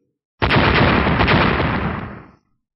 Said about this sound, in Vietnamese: Ba tiếng nổ vang lên, thanh niên và đại hán đồng thời bị ngũ sắc điện hồ cùng bạch quang bao phủ vào trong.